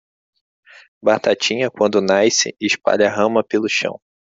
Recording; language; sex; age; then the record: short text; Brazilian Portuguese; male; 30 to 39 years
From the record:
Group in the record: control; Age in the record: 32 years